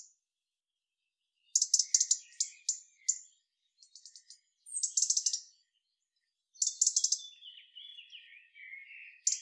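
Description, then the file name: European robin singing bursts of quick, high, jingling trills mixed with thin whistled notes, phrases coming every couple of seconds with brief silences between. "Erithacus rubecula"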